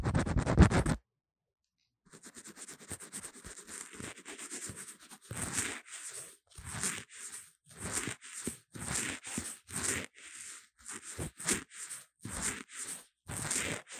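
Scratching and tapping right against a cheap microphone, harsh. A loud burst opens, then a second of silence, followed by quick irregular scratches and rubs that settle into rhythmic strokes about twice a second, each a gritty, hissy swipe.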